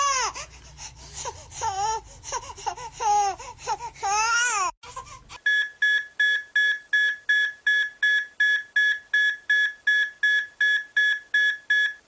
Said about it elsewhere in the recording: A crying baby and alarming telemetry. Alarming telemetry, particularly with tachycardia, is often a very irksome sound in the background. An audio cue I used for my procedural practice.